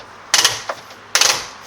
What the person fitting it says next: 이런 식으로 소리하고 함께 헛돌게 되어 있어요.